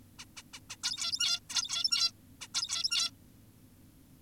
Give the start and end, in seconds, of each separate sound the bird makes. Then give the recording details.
0.19-0.25, 0.37-0.42, 0.54-0.60, 0.70-0.76, 0.84-1.40, 1.50-2.12, 2.41-2.48, 2.54-3.11. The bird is an adult. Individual g17y2U